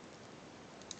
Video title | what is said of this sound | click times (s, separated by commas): Bandai Metal Build Strike Freedom Gundam Review | you hear a click sound so you can actually see this part actually moving down a line | 0.9 s